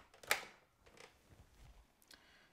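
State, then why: Seated. A plastic dust cup is pushed back down onto the body of a Shark Rotator Powered Lift-Away NV650 vacuum. It latches with a sharp click at 0.3 s, followed by a few quieter handling knocks and rustles. The dust cup is seated.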